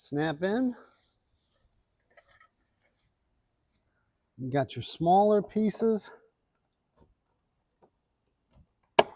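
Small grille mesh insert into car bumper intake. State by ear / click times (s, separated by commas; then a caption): seated / 9.0 s. A small mesh grille insert for a BMW G87 M2 front radiator grille is pushed into the car's bumper intake while someone talks. After a quiet stretch with faint handling noises, one loud, sharp snap is heard at 9.0 s as the piece seats.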